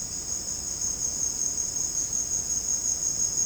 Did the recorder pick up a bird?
no